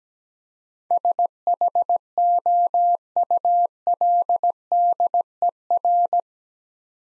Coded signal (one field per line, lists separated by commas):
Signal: Morse code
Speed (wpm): 17 wpm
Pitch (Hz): 700 Hz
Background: none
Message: SHOULDER